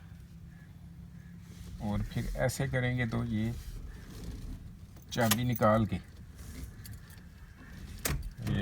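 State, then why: Seated. Someone talks while the ignition key is pulled out of a Suzuki WagonR's steering column, with keys jangling, and the steering wheel is then turned. The steering column lock engages with a sharp click at 8.1 s, so the steering is locked after key removal.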